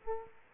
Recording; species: mosquito wingbeat signal from an infrared sensor; Aedes aegypti